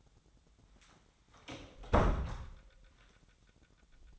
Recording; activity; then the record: daily activity, microphone in the room; close door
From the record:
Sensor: 3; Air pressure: 1009.2 hPa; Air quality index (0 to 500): 196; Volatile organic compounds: 4 ppm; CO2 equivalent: 1574 ppm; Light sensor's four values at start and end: 45/117/51/51 and 44/116/50/51